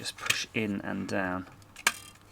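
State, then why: Partly seated. A Retekess TR605 multiband radio's internal chassis is pushed in and down into its plastic case while someone talks. A single sharp click sounds at 1.9 s, followed by faint handling noise. The chassis has only partly seated: it clicks but does not sit fully home, with too much pressure felt, so it needs checking.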